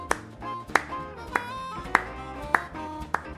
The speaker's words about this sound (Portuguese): Uma festa que quebrará todas as regras da Convenção de Genebra, eu espero, e palmas para Daniel pelo pedido.